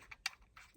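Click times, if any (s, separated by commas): 0.3 s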